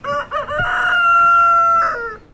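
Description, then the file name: Chicken: rooster crowing: a couple of short clipped opening notes, then one long, loud, level drawn-out note that ends with a falling tail. Rooster, a male chicken, crowing. "BIRD ROOSTER UNKNOWN CROW"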